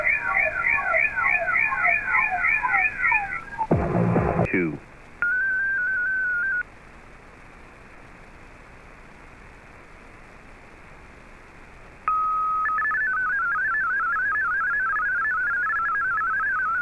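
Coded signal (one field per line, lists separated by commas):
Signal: multi-tone FSK (Olivia or MFSK type)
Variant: MFSK32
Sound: fast repeating descending chirps, a noise burst, a steady tone, silence, then rapidly warbling tones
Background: radio static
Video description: here is my decode of the Shortwave Radiogram broadcast today on 15770Khz shortwave radio at 1300UTC in MFSK32 and 64 and with 9 SSTV images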